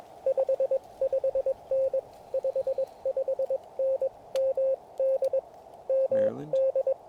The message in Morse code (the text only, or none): 55N 55N MD MD